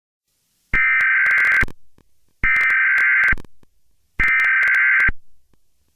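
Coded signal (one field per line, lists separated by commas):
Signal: Emergency Alert System (SAME) tones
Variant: header bursts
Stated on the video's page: Fictional EAS scenario.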